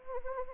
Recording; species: mosquito wingbeat signal from an infrared sensor; Anopheles arabiensis